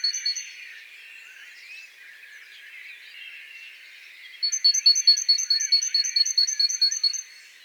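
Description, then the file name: Great tit calls: a brief burst of high notes, then several seconds of other birds' soft chatter, followed by a fast run of many sharp repeated notes. "Parus major"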